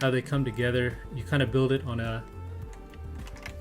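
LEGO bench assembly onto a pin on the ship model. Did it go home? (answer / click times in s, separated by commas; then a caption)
yes / 3.5 s. A small plastic LEGO bench assembly is pressed onto a pin on a LEGO Titanic model while someone talks over background music. After the talking there are a few faint ticks, and then a sharper click at 3.5 seconds as the bench snaps into place and seats on the pin.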